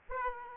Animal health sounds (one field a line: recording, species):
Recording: mosquito wingbeat signal from an infrared sensor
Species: Aedes aegypti